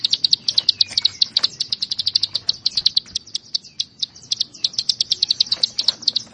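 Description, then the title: Prinia repeating quick high chirps in an uneven series. "Ciblek Sawah"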